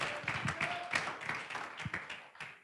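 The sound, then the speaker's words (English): A crowd clapping hands to the Lord in a loose, overlapping rhythm, sharp slaps layered into a busy patter, with faint voices and a brief sustained tone mixed underneath. “Oh, somebody clap their hands to the Lord and shout hallelujah.”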